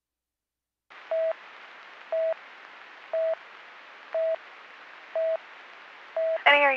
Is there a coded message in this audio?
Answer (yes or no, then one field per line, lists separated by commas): no